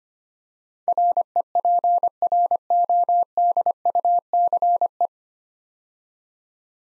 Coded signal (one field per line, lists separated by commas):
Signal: Morse code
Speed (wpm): 25 wpm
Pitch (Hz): 700 Hz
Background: none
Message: REPRODUCE